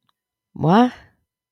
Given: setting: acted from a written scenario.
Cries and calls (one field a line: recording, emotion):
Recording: vocal sound without words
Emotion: confusion